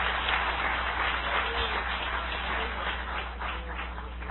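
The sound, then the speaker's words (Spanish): An audience applauds in praise of the Almighty in a steady, dense wash of clapping that holds at an even level for several seconds, with no voices rising above it. “Dale un aplauso de alabanza al Todopoderoso.”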